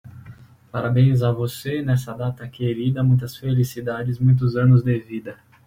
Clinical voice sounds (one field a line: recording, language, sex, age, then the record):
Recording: short text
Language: Brazilian Portuguese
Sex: male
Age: 20 to 29 years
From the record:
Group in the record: control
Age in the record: 23 years